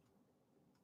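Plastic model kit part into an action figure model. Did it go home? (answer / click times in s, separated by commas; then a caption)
no / none. A plastic model-kit part is handled as it is pressed onto a FlameToys Furai Model G.I. Joe Snake Eyes action figure during assembly. Only a faint, steady low handling noise is heard, with no sharp hits. Nothing has seated or clicked yet.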